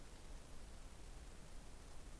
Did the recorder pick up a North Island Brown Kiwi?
no